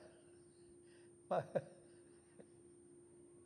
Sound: laughs

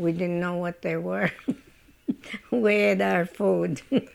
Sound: she laughs

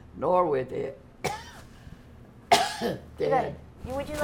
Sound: coughs

